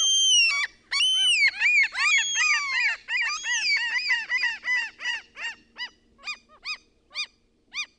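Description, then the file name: Common gull giving a long call: drawn-out mewing opening notes that break into a series of short yelps, slowing and fading away. "KALALOKKI"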